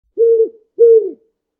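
Owl hooting: two low, steady hoots of even pitch, each about a third of a second long, separated by a short pause.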